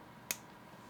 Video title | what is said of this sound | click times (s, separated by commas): Retro Style. Modern Sound 🎶 Roseselsa Distant Mountain 10th Anniversary Headphones | connecting the cable, make sure you hear that satisfying click so you know it's in there securely. | 0.3 s